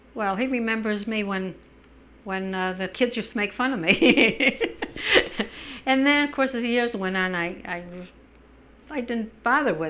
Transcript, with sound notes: well, he remembers me when the kids used to make fun of me. ( she laughs ) And then, of course, as the years went on, I didn't bother with him.